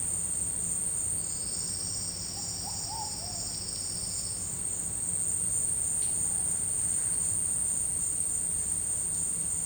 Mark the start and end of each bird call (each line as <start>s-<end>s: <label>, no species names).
2.33s-3.42s: bird call